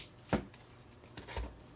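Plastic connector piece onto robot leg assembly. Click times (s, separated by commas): 0.3 s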